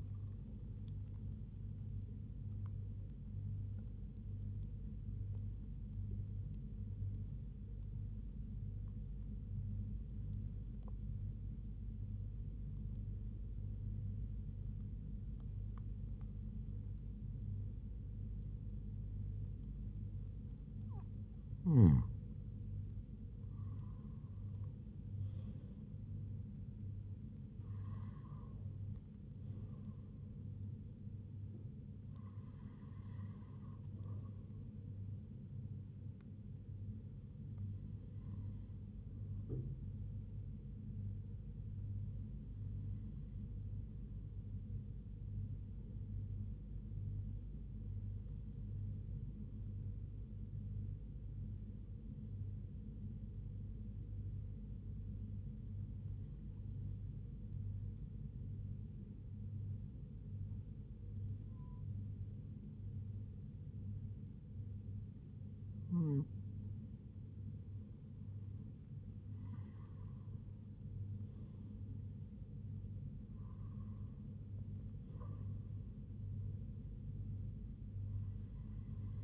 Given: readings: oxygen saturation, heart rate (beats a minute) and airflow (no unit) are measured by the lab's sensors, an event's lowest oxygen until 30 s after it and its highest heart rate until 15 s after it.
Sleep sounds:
breathing in sleep by a smartphone at the bedside; 2
4.00-21.60 s: hypopnea (N1, oxygen 99% highest, then 95% lowest, heart rate 84 at the start, 84 highest)
17.00-79.24 s: new sleep stage, N2 (light sleep)
49.00-70.30 s: hypopnea (N2, oxygen 98% highest, then 96% lowest, heart rate 73 at the start, 79 highest)
From the record:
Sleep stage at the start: N1 (lightest sleep); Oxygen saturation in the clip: 95 to 99%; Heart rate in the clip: 71 to 90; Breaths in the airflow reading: 15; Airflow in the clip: -6.5 to 5.6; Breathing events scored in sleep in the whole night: 158 in 7.3 hours asleep

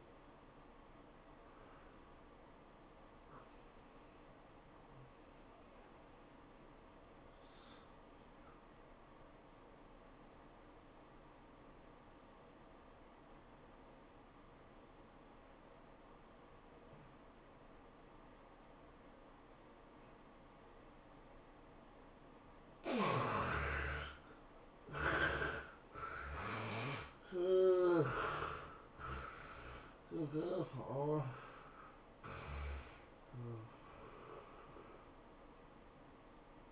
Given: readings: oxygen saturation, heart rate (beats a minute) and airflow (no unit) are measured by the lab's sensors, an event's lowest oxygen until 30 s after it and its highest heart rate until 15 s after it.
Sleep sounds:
breathing in sleep by a voice recorder at the bedside; 1
5.00-22.90 s: hypopnea (N1, oxygen 96% highest, then 75% lowest, heart rate 102 at the start, 107 highest)
From the record:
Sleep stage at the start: N1 (lightest sleep); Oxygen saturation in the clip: 71 to 96%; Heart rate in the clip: 81 to 109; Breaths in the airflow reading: 7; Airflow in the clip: -17.8 to 14.7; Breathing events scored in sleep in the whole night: 403 in 5.5 hours asleep

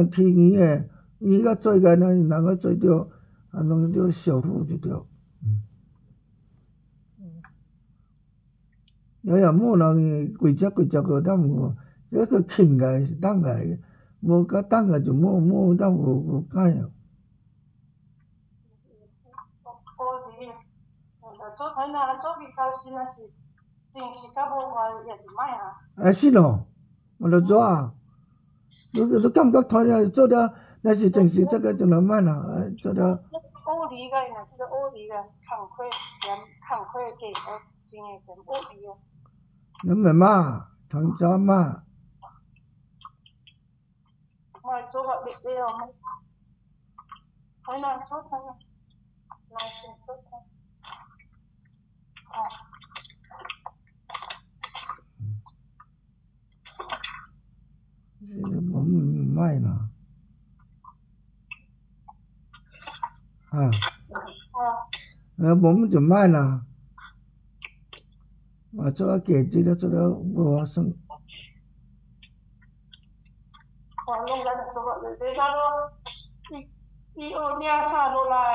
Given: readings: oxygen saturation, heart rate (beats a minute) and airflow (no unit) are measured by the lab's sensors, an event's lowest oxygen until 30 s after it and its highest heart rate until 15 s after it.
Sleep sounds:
a person awake in a sleep study, by a smartphone at the bedside; none
0.00-78.55 s: awake
From the record:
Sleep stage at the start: awake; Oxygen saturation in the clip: 92 to 95%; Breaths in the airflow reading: 22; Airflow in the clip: -5.2 to 5.8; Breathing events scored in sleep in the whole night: 270 in 6.1 hours asleep

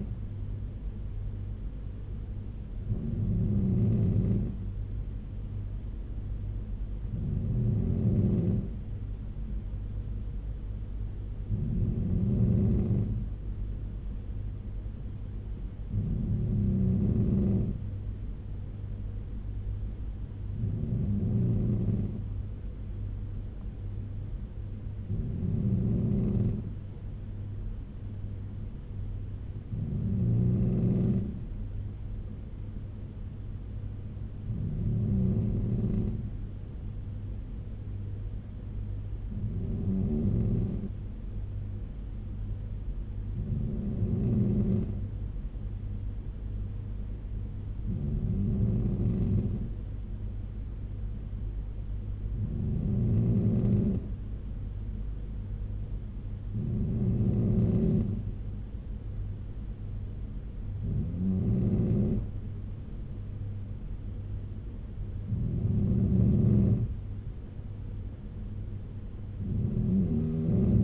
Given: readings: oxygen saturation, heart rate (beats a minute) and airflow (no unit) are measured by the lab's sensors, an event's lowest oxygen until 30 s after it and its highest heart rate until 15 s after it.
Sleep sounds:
breathing in sleep by a smartphone at the bedside; none
11.00-70.84 s: new sleep stage, N3 (deep sleep)
From the record:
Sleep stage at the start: N2 (light sleep); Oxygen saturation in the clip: 94 to 95%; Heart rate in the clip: 70 to 76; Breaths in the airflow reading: 15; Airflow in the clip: -4.2 to 3.8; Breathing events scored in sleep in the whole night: 201 in 6.5 hours asleep

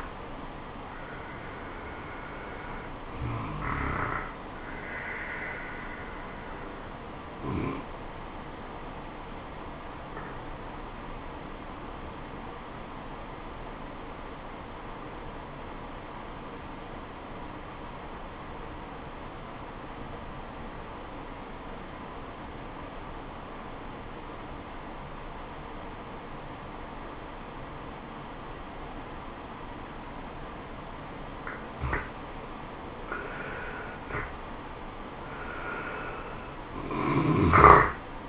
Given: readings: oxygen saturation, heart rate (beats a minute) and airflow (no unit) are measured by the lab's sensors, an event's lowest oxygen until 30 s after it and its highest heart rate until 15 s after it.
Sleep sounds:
breathing in sleep by a voice recorder at the bedside; 1
9.00-33.80 s: obstructive apnea (N2, oxygen 97% highest, then 86% lowest, heart rate 76 at the start, 77 highest)
From the record:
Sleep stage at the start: N2 (light sleep); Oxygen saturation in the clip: 88 to 97%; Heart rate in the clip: 68 to 78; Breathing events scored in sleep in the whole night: 426 in 7.4 hours asleep

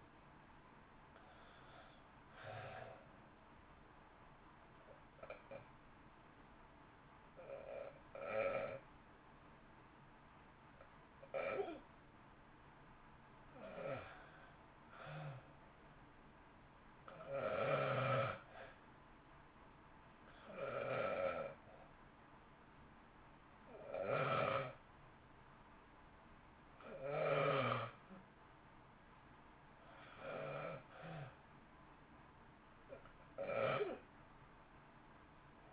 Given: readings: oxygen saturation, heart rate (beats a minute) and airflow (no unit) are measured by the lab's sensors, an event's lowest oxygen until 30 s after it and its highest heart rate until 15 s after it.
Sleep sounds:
breathing in sleep by a voice recorder at the bedside; 1
14.00-29.30 s: hypopnea (REM, oxygen 92% highest, then 89% lowest, heart rate 54 at the start, 59 highest)
From the record:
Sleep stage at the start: REM sleep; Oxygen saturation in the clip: 81 to 93%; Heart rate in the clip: 54 to 58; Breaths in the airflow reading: 9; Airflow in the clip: -1.3 to 1.5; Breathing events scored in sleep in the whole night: 328 in 6.3 hours asleep

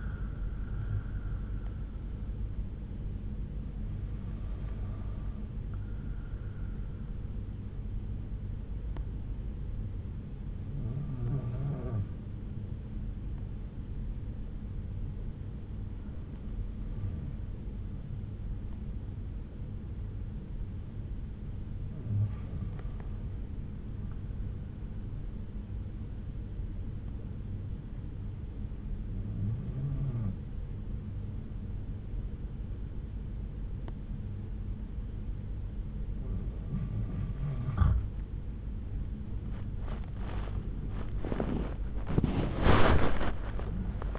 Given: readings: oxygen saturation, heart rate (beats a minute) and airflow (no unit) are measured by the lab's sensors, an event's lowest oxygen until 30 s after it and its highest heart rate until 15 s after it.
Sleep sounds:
breathing in sleep by a smartphone at the bedside; 1
8.00-39.80 s: hypopnea (REM, oxygen 96% highest, then 92% lowest)
From the record:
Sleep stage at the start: REM sleep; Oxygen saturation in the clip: 86 to 96%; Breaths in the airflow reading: 7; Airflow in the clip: -11.2 to 7.4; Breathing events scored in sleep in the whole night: 368 in 8.0 hours asleep

